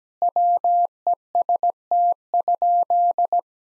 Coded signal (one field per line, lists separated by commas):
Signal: Morse code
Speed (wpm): 17 wpm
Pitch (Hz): 700 Hz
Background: none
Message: WEST?